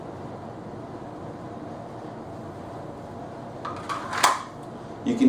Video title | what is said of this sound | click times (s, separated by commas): US Grunt Gear High Speed Rig | hear the pistol uh goes right back in a very positive uh click there | 4.2 s